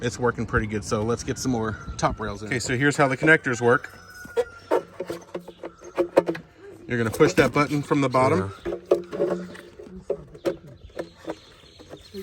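Someone talks while handling the metal spring-button connector for the top rail of an 18-foot Intex above-ground pool, preparing to push the button up from the bottom and slide the rail over it. Light handling taps and knocks are heard through the speech, and nothing has seated or clicked yet.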